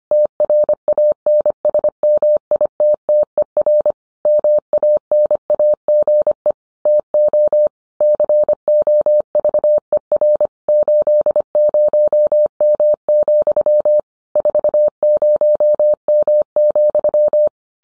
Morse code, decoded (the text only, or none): TRANSMITTER MANAGE TO COVER 80M, 40M,